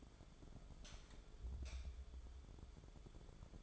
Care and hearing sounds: daily activity, microphone in the room; light on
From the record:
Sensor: 5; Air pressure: 1010.3 hPa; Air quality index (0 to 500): 113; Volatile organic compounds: 2 ppm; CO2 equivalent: 1111 ppm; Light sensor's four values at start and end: 514/1320/545/616 and 514/1320/545/616

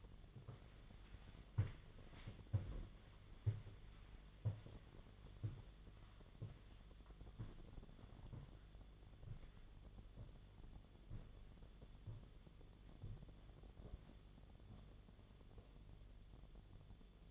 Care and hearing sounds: daily activity, microphone in the room; walk to room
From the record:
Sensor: 4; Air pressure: 1010.9 hPa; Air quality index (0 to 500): 164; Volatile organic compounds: 4 ppm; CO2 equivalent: 1670 ppm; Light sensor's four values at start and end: 41/118/47/49 and 42/119/48/49

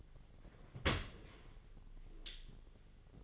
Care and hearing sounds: daily activity, microphone in the room; open dishwasher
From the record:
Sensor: 4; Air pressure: 1007.5 hPa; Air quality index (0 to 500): 200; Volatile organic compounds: 7 ppm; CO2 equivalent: 1999 ppm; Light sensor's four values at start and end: 22/70/27/26 and 22/71/27/26

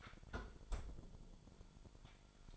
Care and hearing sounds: daily activity, microphone in the room; close fridge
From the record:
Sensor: 5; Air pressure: 1007.9 hPa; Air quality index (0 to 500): 92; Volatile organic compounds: 1 ppm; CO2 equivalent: 723 ppm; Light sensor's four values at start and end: 39/89/37/38 and 38/88/36/37

